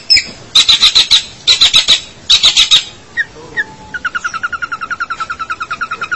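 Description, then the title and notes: Long-tailed shrike song: bursts of harsh buzzy notes in groups of four or five, then a fast, steady run of short whistled notes. Indonesian local name pentet; labelled 201703. "Pentet 201703. Suara burung pentet"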